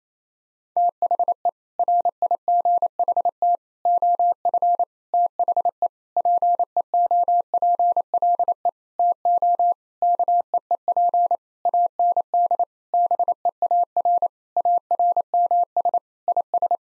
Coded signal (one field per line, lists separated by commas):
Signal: Morse code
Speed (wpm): 28 wpm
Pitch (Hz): 700 Hz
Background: none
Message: THE RIGHT OF THE PEOPLE TO KEEP AND BEAR ARMS IS